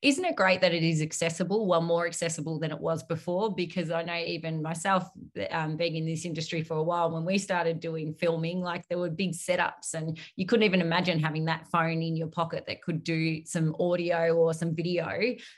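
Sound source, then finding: Adult woman. Typical speech.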